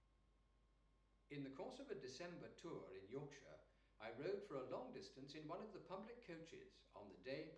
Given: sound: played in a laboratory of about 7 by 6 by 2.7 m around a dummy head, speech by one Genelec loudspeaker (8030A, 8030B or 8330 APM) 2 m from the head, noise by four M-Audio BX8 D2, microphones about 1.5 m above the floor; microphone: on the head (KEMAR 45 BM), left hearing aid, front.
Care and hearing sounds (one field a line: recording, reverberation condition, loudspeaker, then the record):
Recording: male speech in English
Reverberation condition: medium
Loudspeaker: 60 degrees to the left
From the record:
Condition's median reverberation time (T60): about 510 ms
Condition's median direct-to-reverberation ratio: about -0.5 dB